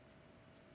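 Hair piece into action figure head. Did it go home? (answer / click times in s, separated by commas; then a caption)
no / none. A flexible plastic hair piece is being handled and pushed toward the head of a GI Joe Classified action figure. Only a steady low hiss with a faint constant hum is heard, with no distinct sounds. Nothing has seated or clicked yet; the piece is not yet in place.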